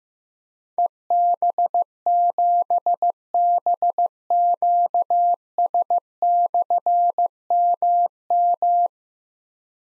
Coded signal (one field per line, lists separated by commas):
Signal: Morse code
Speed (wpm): 15 wpm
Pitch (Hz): 700 Hz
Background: none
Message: EB7BQS/MM